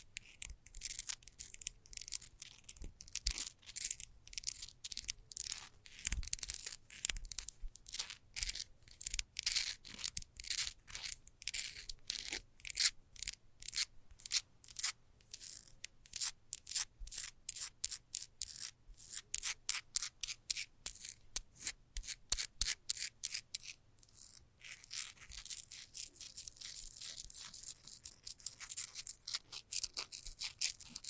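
Fast scratching runs for the whole half minute, a dense train of quick, bright, hissy strokes with a steady low hum underneath. The strokes grow sharper and more evenly spaced around the middle, then ease into softer, rubbing strokes after about 24 seconds.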